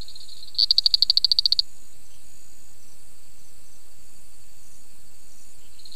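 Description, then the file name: Spiny reed frog producing one rapid series of about ten crisp clicks, set against a constant high-pitched hum. "Afrixalus vittiger"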